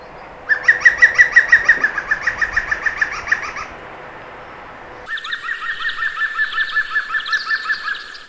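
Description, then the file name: European green woodpecker giving laughing calls: two ringing series of quick, evenly spaced notes, each lasting around three seconds, with a short break between. "gruenspecht"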